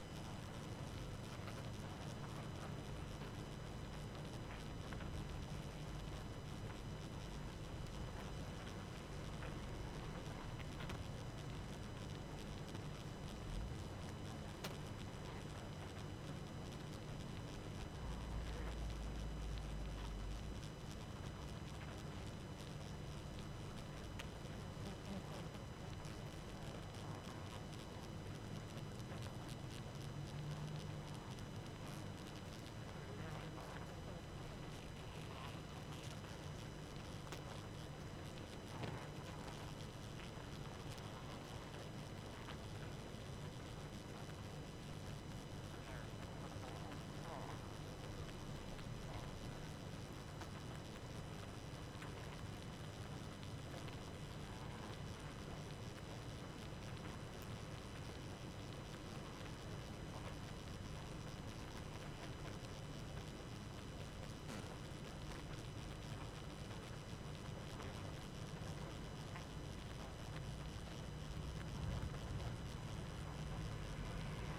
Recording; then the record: honeybee colony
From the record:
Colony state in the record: active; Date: 12 June 2018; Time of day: 23:20